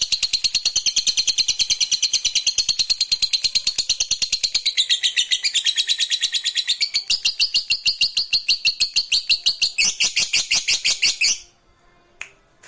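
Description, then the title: Lovebird song: a fast, unbroken high chatter of rapid buzzy notes that shifts pitch several times, then stops abruptly near the end, followed by a couple of faint clicks. Meant to stimulate a lazy, quiet lovebird so that it eagerly and spontaneously starts singing in the sustained 'narik' style. "LOVEBIRD Malas Bunyi JADI GREGET SPONTAN Langsung NARIK"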